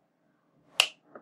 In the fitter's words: there we go oh that's a satisfying click